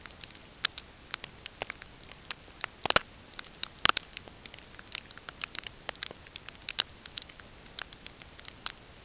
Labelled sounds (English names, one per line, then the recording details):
none
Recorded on Arctic tundra, site NAIT-1, on 20 June 2018
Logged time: 05:00